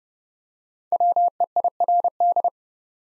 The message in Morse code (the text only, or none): WEIRD